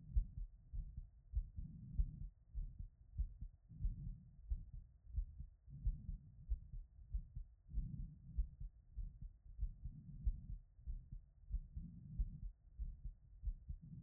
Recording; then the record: heart sounds by stethoscope after running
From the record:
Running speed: 5 mph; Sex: female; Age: 30 to 39 years